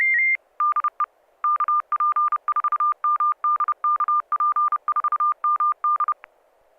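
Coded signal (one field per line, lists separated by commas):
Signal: Morse code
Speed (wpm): 30 wpm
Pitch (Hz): 1200 Hz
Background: none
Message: DE KP4MD KP4MD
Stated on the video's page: Morse during an amateur SSTV net on an FM repeater at 441.300 MHz.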